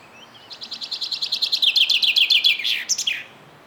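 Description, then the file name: Common chaffinch song: a fast series of high chipping notes descending in steps, then finishing with a brief downward flourish. "Fringilla coelebs"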